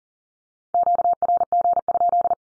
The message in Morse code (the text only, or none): QRG?